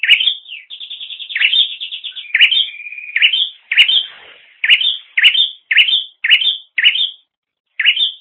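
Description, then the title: Bird gives a chirp and a fast rattling trill, then a string of quick upslurred chirps, spaced irregularly, with a brief pause near the end. "kikicau"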